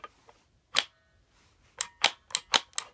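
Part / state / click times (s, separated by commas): midcap magazine into airsoft rifle magazine well / not seated / none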